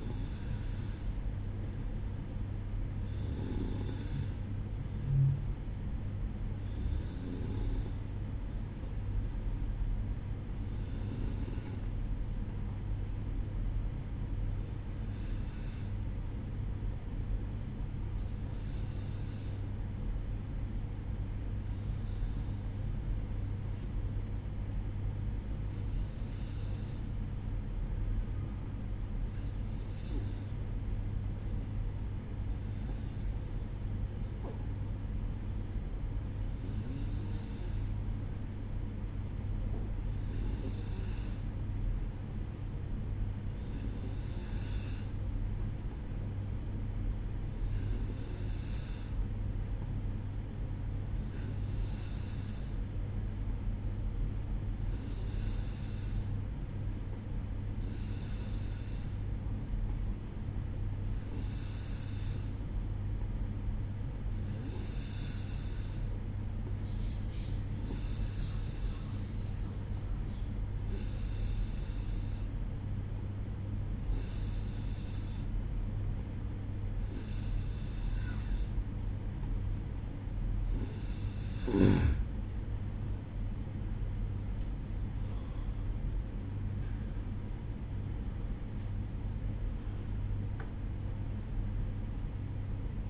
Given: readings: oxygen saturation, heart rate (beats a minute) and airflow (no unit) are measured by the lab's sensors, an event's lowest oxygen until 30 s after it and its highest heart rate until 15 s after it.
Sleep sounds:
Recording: breathing in sleep by a smartphone at the bedside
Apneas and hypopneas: 1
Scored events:
13.00-73.00 s: new sleep stage, N2 (light sleep)
20.00-79.90 s: hypopnea (N2, oxygen 95% highest, then 91% lowest, heart rate 60 at the start, 68 highest)
73.00-93.10 s: new sleep stage, N1 (lightest sleep)
From the record:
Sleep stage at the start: N1 (lightest sleep)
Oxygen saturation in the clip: 92 to 95%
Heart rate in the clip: 59 to 68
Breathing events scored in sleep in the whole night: 305 in 9.6 hours asleep

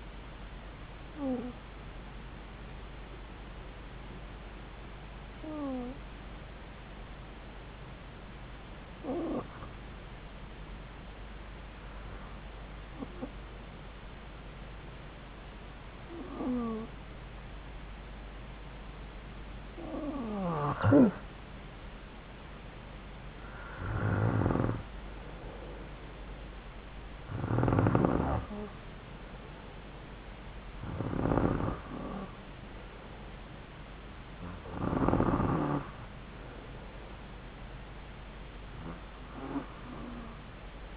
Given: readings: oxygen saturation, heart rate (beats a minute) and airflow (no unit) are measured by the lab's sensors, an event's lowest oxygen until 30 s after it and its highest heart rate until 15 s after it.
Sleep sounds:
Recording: breathing in sleep by a voice recorder at the bedside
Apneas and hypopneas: 1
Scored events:
6.00-25.50 s: hypopnea (N2, oxygen 96% highest, then 92% lowest)
From the record:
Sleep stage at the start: N2 (light sleep)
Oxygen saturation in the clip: 89 to 96%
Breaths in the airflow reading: 10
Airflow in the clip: -4.1 to 3.1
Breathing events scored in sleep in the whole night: 270 in 6.1 hours asleep

